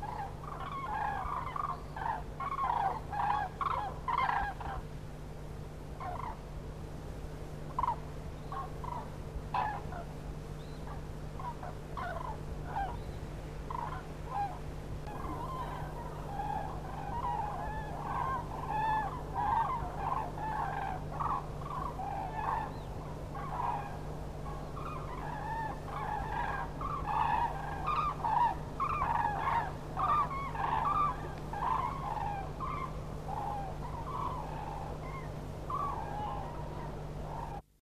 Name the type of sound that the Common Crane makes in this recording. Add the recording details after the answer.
call. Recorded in the wild. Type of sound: call. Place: Haste, Niedersachsen, DE. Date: 1975-11-09. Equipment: Halbspur, 9,5 cm/s. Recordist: Lütgens, Hans. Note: Staatsforst Haste, Abteilung 50